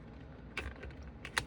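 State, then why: Seated. A Yota Gear accessory trim piece, already seated in its bottom slot, is pushed up firmly from underneath into its vehicle mount. Light plastic rattles and small clicks come at around 0.6–0.8 s and 1.3 s, then the top snaps sharply into the mount at 1.4 s. The piece is seated.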